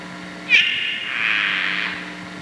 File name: Dendropsophus padreluna